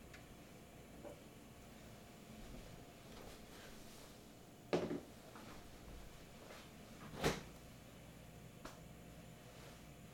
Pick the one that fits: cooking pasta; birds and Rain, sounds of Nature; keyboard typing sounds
cooking pasta